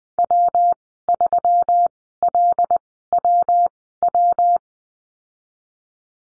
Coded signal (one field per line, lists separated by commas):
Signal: Morse code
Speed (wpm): 20 wpm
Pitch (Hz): 700 Hz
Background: none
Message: W3LWW